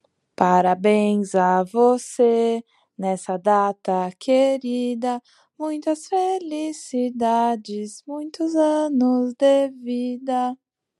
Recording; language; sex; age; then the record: short text; Brazilian Portuguese; female; 20 to 29 years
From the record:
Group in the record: control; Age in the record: 28 years